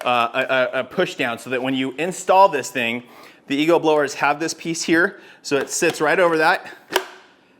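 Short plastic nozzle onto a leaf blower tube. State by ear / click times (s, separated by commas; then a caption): seated / 7.0 s. Someone talks while a short plastic Ego nozzle is pushed onto a leaf blower tube so its push-down clip sits over the tab on the blower. At 7.0 s a sharp click rings out as the clip snaps into place and holds on.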